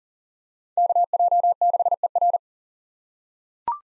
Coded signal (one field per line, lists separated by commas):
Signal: Morse code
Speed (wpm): 40 wpm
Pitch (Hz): 700 Hz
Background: none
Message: KJ6ER